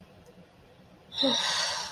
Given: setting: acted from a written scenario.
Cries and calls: vocal sound without words; contentment

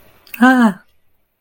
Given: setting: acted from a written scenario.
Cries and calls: vocal sound without words; fear

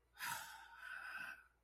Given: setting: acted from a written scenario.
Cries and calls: vocal sound without words; embarrassment

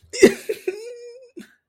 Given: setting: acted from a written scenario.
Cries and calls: vocal sound without words; elation

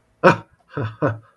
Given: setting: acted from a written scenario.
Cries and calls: vocal sound without words; embarrassment

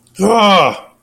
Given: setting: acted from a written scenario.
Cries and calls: vocal sound without words; anger

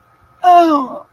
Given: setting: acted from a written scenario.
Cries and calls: vocal sound without words; distress

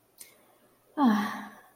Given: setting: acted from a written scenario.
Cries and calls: vocal sound without words; serenity

